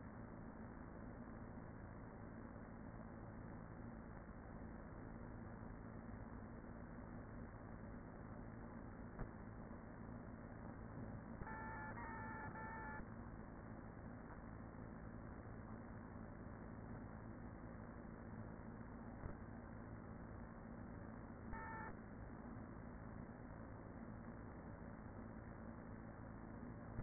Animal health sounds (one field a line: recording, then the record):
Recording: honeybee colony, microphone inside the hive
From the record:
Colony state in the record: queen present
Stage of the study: after two queens were removed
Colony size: about 40,000 bees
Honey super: no